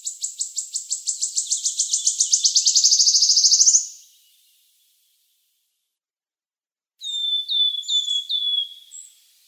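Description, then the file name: Wood Warbler song: a dry ticking trill that speeds up into a loud shivering trill for about four seconds, then after a pause a run of high, downslurred piping notes. "Penochka treshhotka"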